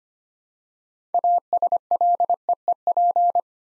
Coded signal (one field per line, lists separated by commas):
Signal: Morse code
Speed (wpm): 25 wpm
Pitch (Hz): 700 Hz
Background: none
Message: ASLEEP